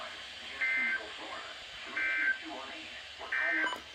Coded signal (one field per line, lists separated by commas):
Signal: Emergency Alert System (SAME) tones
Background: speech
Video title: WE LIKE LATE TESTS! Usual weeklies as of 3/2/22 (EAS #61-62)